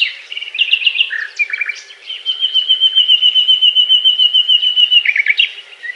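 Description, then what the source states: Nightingale song, quick varied chirps leading into a long, even, high piping trill held for about three seconds. Song described as a love serenade.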